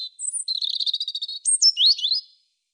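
European robin song, a fast trilled series of thin ticking notes, then high sliding whistles and a twittering end, about two seconds.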